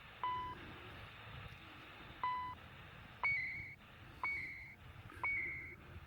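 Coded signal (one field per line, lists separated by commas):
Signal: radio time signal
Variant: CHU Canada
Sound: short beeps about once a second over shortwave hiss, later beeps higher and longer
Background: radio static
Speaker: that's not WWV it's probably Canada I suppose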